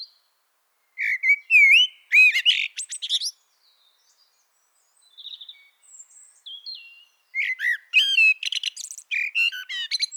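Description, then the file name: Common blackbird delivers two loud fluted phrases full of squeaky twitters, separated by a stretch of soft, thin high notes. "Turdus merula"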